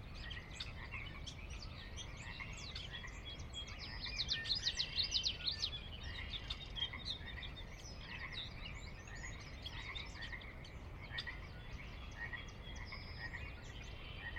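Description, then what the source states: Pacific chorus frog chorus, many overlapping rapid creaky calls in a steady dense wash, briefly swelling louder midway, with a low rumble beneath throughout. Pacific chorus frogs, ever-present on the valley floor of a glacier-carved valley on the northeastern Cascades slope, Washington, USA; wildlife area with ranch land and refuge; recorded at dusk.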